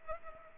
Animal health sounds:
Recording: mosquito wingbeat signal from an infrared sensor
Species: Culex pipiens

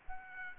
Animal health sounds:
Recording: mosquito wingbeat signal from an infrared sensor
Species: Aedes aegypti

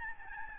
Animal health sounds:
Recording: mosquito wingbeat signal from an infrared sensor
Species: Aedes albopictus

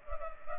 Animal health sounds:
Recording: mosquito wingbeat signal from an infrared sensor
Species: Culex pipiens

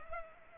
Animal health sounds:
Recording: mosquito wingbeat signal from an infrared sensor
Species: Culex pipiens

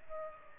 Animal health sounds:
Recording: mosquito wingbeat signal from an infrared sensor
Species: Culex pipiens

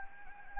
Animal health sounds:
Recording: mosquito wingbeat signal from an infrared sensor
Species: Anopheles gambiae

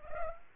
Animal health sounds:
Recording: mosquito wingbeat signal from an infrared sensor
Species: Culex pipiens

